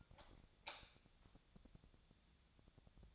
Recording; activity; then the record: daily activity, microphone in the room; light on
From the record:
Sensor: 3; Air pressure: 1000.0 hPa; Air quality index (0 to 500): 123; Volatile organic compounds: 2 ppm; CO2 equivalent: 1099 ppm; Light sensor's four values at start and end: 37/94/40/44 and 39/101/43/46